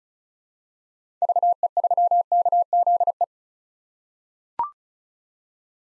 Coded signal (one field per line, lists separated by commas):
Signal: Morse code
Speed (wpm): 36 wpm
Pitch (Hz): 700 Hz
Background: none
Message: VE3KZE